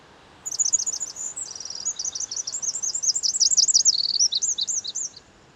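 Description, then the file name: Eurasian wren song: an energetic, very high stream of quick chips, rattling trills and swooping notes, about five seconds long, over faint background hiss. "Troglodytes troglodytes"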